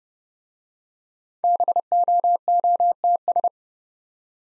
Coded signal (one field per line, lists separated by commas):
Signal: Morse code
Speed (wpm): 30 wpm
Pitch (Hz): 700 Hz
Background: none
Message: BOOTS